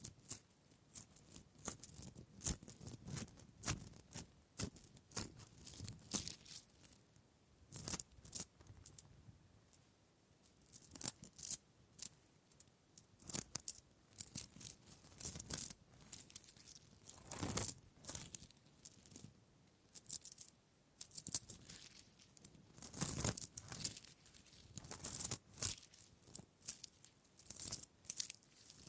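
Wood triggers: dry crackling, scratching and tapping on wood in irregular clusters, with sharp bright clicks scattered throughout. Bursts come every second or two, a few louder ones near 18, 23 and 25 seconds, separated by brief near-silent pauses.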